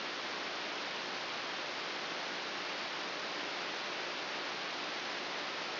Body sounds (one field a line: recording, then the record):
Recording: brain microelectrode recording played as sound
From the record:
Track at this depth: inside the subthalamic nucleus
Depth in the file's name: 3.801 mm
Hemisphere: right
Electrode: 3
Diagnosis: Parkinson's disease